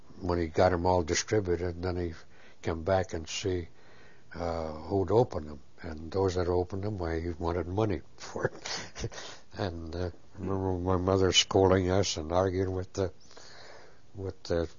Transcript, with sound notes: when he got them all distributed, then he came back and see who'd opened them and those that opened them why he wanted money for (he laughs) And I remember my mother scolding us and arguing with he